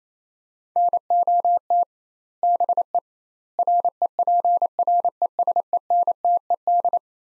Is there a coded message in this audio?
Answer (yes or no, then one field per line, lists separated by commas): yes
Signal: Morse code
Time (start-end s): 0.8-7.0 s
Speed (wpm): 28 wpm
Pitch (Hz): 700 Hz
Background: none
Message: NOT BE REPRESENTED